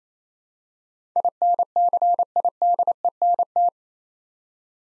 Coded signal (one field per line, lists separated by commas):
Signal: Morse code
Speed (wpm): 28 wpm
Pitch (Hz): 700 Hz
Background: none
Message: INCIDENT